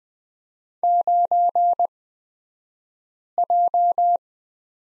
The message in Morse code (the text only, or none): 9J